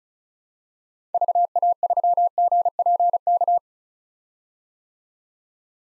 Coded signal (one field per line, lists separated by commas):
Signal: Morse code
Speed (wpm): 34 wpm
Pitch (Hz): 700 Hz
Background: none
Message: VA3GPK